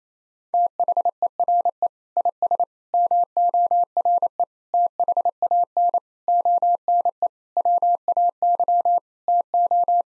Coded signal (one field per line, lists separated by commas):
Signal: Morse code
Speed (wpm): 28 wpm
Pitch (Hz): 700 Hz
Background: none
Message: THERE IS MORE THAN ONE WAY TO